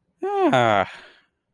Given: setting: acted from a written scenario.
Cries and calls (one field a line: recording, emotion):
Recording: vocal sound without words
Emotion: relief